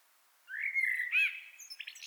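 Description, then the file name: Common blackbird giving one fluty, slightly rising phrase that breaks into a brief squeaky flourish, followed by faint high notes. "Turdus merula"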